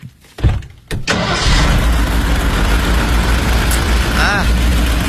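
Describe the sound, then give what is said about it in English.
A fairly new car's engine, which has a sprung crankshaft, turns over with two short bursts, then catches and settles into a loud, continuous low rumble that carries on unbroken to the end. “If you feel like, you can start the engine.”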